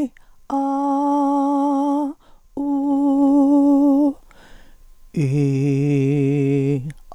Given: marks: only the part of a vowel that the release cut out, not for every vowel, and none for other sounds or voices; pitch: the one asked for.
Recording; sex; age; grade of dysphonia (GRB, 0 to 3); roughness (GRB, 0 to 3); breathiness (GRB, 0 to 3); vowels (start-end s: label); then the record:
sustained vowels; female; 60 to 69 years; 2; 1; 2
0.56-2.00 s: vowel /a/, high pitch
2.63-4.06 s: vowel /u/, high pitch
5.26-6.74 s: vowel /i/, low pitch
From the record:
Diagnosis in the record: dysphonia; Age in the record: 62 years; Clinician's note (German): Multifaktorielle Dysphonie bei chron. Asthma mit spray-Nebenwirkungen